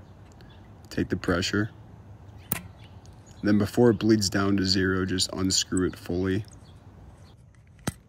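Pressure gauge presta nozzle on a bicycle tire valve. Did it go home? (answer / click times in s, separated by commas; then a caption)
released / 7.9 s. The presta nozzle of a tire pressure gauge is fully unscrewed from a bicycle tire valve while still pressurised, as someone talks. A loud, sharp pop sounds at 7.9 s as the gauge head comes free of the presta valve, releasing it.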